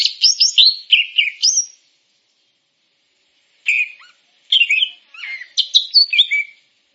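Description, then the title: Grey-cheeked bulbul singing a brisk whistled phrase, then nearly two seconds of silence before more scattered chattering notes. "Kicau Burung Cucak Jenggot"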